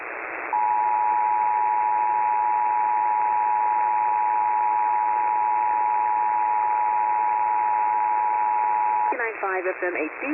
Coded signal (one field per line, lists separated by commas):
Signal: Emergency Alert System (SAME) tones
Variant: 853 and 960 Hz attention tone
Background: speech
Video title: EAS # 1017-1034: "You gotta hear this, I'm serious- (Same Header)" (Alerts of May 2022)